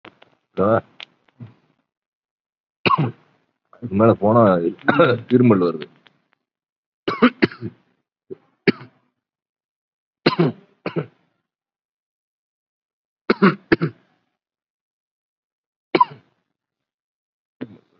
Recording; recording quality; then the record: deep breathing; poor, much background noise or distortion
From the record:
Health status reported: COVID-19 positive, mild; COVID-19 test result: positive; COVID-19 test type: RT-PCR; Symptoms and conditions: breathing difficulty, fatigue, muscle pain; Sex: male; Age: 48 years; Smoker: no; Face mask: not worn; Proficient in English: no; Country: India